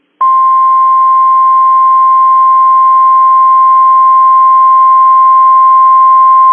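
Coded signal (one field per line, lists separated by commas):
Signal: Emergency Alert System (SAME) tones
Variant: 1050 Hz attention tone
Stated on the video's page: Severe thunderstorm warning on weather radio station KZZ48 from Wilmington, Ohio.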